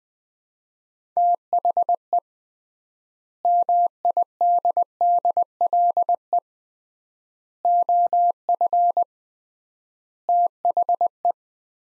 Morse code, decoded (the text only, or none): THE MIDDLE OF THE